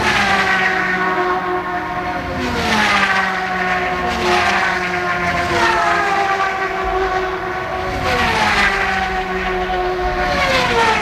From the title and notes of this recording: The Sounds of Fontana IndyCar, 1998. The CART IndyCar Series event on the Fontana superspeedway. The mighty 2.65-liter turbocharged V8s that made thrilling speed and sounds at the event.